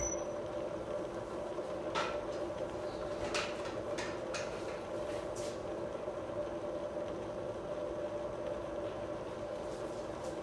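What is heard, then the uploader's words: Chai being made over a steady, rumbling roar, like a gas flame or a heating pot, with a constant mid-pitched hum running underneath. A few light clinks and scrapes stand out around the second to fifth seconds, then the even drone continues. Making chai.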